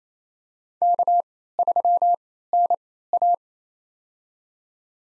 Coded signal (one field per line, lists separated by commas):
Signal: Morse code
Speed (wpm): 28 wpm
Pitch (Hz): 700 Hz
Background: none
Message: K3NA